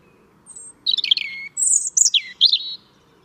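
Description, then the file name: European robin song: a soft high note, a rapid chattering warble sliding downward, then sharp high notes and a twisting descending trill. "Erithacus rubecula"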